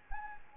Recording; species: mosquito wingbeat signal from an infrared sensor; Anopheles gambiae